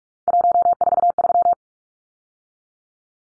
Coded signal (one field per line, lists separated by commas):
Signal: Morse code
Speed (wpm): 44 wpm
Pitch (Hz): 700 Hz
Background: none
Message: 143